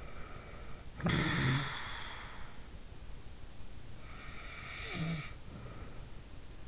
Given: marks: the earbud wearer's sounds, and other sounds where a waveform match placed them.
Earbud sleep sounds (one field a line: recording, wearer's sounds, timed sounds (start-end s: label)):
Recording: sounds in sleep by an in-ear microphone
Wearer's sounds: snoring breath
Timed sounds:
0.77-2.82 s: snoring breath
3.57-6.48 s: snoring breath